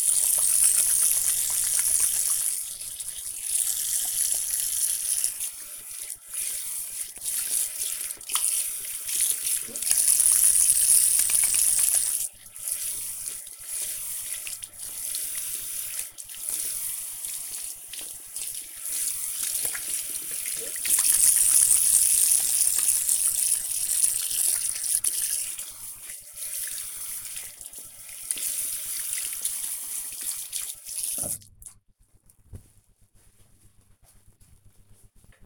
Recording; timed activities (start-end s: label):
household activities, microphone on the right wrist
0.00-31.56 s: washing hands